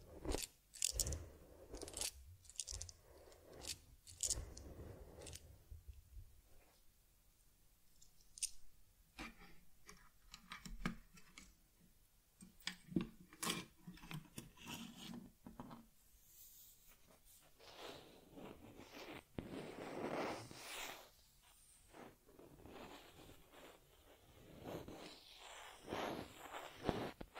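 A teddy bear gets a head massage, facial cleansing, fur combing and ear cleaning, heard as soft brushing, scratching and scraping against fabric. Bursts of rubbing come and go irregularly, with short crisp clicks and taps between quieter pauses, and denser scratching near the end.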